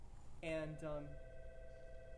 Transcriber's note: phone rings